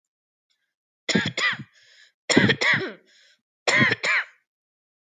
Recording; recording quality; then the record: shallow voluntary cough; excellent, no background noise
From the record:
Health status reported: healthy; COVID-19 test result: negative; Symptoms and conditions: cough, cold, fever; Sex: female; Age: 29 years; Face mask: not worn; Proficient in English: yes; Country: India